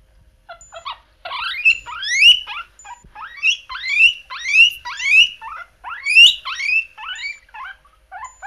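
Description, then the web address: Guinea pig wheeking, a run of many loud, upward-sweeping whistled squeals, each rising sharply then leveling off. "Meerschweinchen"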